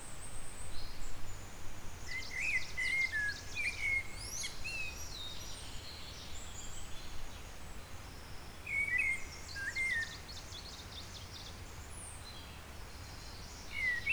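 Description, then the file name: Eurasian blackbird singing mellow fluted phrases, two early and two later, each trailed by thin high squeaky twitters, against constant low-pitched background noise. "Turdus merula"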